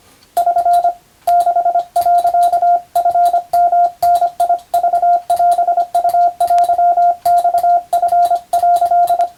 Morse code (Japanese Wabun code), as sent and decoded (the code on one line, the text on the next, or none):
...-. / -.... .-.-.- ..-. -- -. .. ...- .-... ..- .-.-- -..- ..-. .-.-..
<SN> 6、チヨダクオウテマチ」